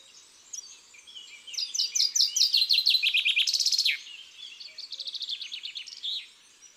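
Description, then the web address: Common chaffinch song: a rapid, bright trill that drops in pitch, ending in a sharp flourish, then a second, shorter phrase follows. Garden bird. "Pinson des arbres. oiseaux des jardins"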